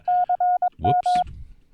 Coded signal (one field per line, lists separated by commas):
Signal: Morse code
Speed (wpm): 22 wpm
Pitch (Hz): 720 Hz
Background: speech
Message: CM